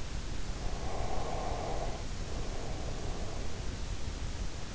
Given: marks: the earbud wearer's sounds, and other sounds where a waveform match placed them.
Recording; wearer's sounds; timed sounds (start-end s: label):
sounds in sleep by an in-ear microphone; breath
0.61-3.72 s: breath